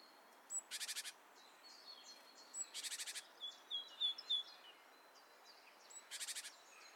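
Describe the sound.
Great tit calls: scratchy rattled churrs of rapid pulses at intervals, with assorted thin high chips and whistles between them and a steady faint hiss.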